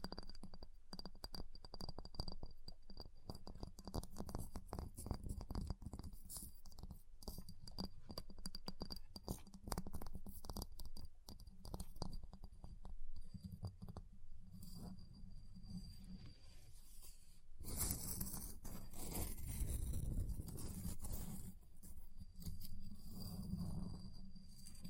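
Ice being tapped, scratched and carved: quick, irregular clicks and taps come thickly through the first seventeen seconds. Around the eighteen-second mark a harsher, brighter scraping takes over for several seconds, then tapping and grinding continue to the end, with a thin steady whine underneath.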